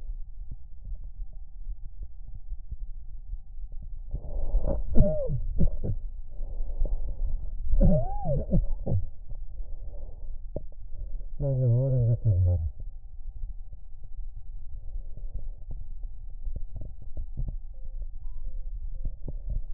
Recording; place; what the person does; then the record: lung sounds by stethoscope; left anterior apical chest; quiet breathing, then cough and speech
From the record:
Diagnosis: COPD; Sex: male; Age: 85 years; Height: 183 cm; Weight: 88 kg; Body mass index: 26.3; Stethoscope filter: extended mode